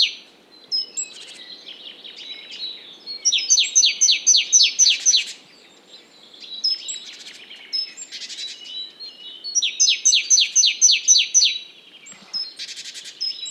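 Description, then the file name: Great tit giving repeated short bursts of quick, piercing downslurred notes mixed with scratchy buzzing chatter, with quieter gaps between. "Parus major"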